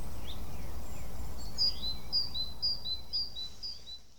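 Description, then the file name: Great tit singing a short run of two-note phrases, each high note falling to a lower one, about five repeats fading toward the end over low rumbling noise. "Parus major"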